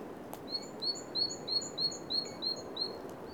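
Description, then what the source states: Bird calls: a steady series of high, thin chirps, about three per second, over faint low background noise. Recorded at Oostduinen.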